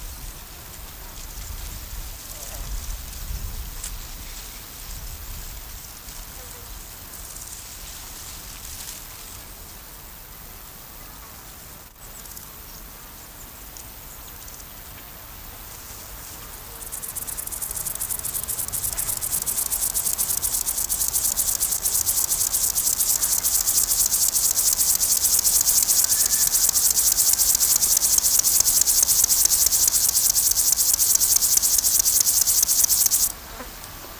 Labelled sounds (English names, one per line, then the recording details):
Lesser Field Grasshopper stridulation
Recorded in the wild
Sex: male
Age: imago
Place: Berlin, OT Blankenfelde, Berlin, DE
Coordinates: 52.6219, 13.4075
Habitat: meadow
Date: 1990-08-12 12:00
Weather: warm and humid, 20-28°C
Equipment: Marantz, Sennheiser ME 80
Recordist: Tembrock, Günter